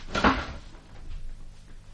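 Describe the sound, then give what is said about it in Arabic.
A door opens with a single sharp wooden knock and creak at the start, followed by a faint, low rustling shuffle as it swings, with no voices. “والآن افتح الباب.”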